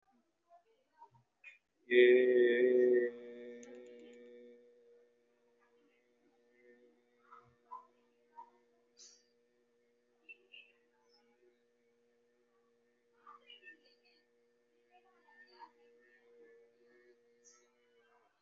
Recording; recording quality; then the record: sustained vowel as in made; excellent, no background noise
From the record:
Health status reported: recovered from COVID-19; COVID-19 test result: positive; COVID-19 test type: RT-PCR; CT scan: taken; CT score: 0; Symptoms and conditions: cold, muscle pain, pneumonia, another respiratory illness, another condition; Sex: male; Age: 33 years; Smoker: no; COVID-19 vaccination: both doses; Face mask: worn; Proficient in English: yes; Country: India